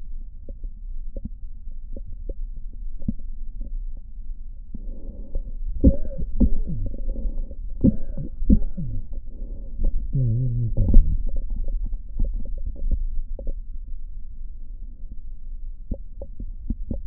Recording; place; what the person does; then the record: lung sounds by stethoscope; right posterior basal chest; quiet breathing, then cough and speech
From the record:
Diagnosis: COPD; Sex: male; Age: 70 years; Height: 174 cm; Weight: 94 kg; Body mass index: 31.0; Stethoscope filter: diaphragm mode